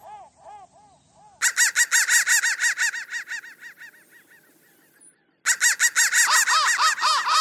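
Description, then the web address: Crow cawing: a few softer low caws, then a loud run of harsh, rapid caws that fades out, followed after a brief gap by another vigorous burst. "soundfactory crow"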